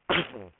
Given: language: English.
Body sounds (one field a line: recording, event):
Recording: throat vibration sensor signal played as sound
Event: cough